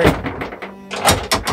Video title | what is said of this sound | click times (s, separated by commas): We Went to Finland - HUSKY SLEDDING AT APUKKA RESORT - Northern Lights and Glass Igloo | and it locks in place | 1.3 s